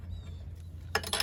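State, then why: Stripped. A steel spark plug is tightened with a ratchet into the aluminum cylinder head of a small engine during winterizing, and the thread strips even though it did not feel overtightened. A low steady hum runs under the clip, then a sharp metallic snap at 0.9 s is followed by smaller metallic clinks around 1.1 and 1.2 s.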